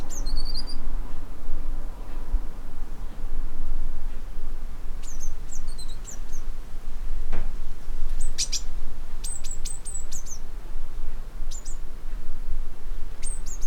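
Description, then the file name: Eurasian blue tit call notes, high and thin, in quick runs of short whistles and sharp ticks, with a lone lower click midway and steady low background hum. "Cyanistes caeruleus"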